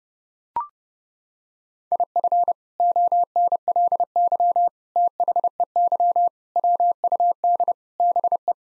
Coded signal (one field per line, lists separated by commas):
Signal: Morse code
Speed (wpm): 30 wpm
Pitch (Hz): 700 Hz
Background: none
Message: IF ONLY THEY WUD BE